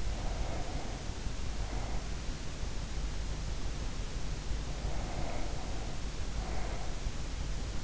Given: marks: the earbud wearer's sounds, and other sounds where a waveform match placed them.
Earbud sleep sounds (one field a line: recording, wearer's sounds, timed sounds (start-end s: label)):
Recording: sounds in sleep by an in-ear microphone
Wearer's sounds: breath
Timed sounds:
0.00-2.77 s: breath
4.36-7.21 s: breath